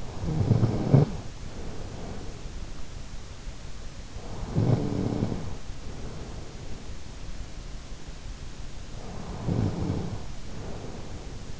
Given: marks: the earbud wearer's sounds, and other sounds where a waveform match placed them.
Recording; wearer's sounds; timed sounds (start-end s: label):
sounds in sleep by an in-ear microphone; snoring breath
0.00-2.46 s: snoring breath
4.12-7.03 s: snoring breath
8.84-11.60 s: snoring breath